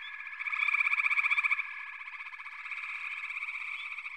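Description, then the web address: Frog chorus, dense trilling and pulsed calls, a louder burst of rapid pulses early, then a steady overlapping drone of many callers. "Echoes of Nature - Frog Chorus"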